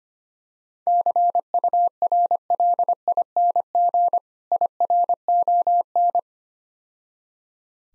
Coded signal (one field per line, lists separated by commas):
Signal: Morse code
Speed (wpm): 25 wpm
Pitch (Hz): 700 Hz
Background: none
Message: CURLING IRON